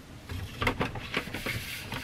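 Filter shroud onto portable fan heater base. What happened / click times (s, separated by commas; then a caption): Plastic part handled and lined up, not yet seated / none. A lined-up plastic filter shroud is handled against the base of a Dyson HP01 portable hot/cool fan heater with air purifier as it is pressed back onto the heater body. Brief rubbing and knocking handling sounds are heard, sharpest around 0.6 to 0.8 seconds. Nothing has seated or clicked into place yet.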